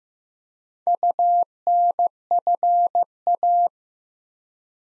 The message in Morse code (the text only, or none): UNFA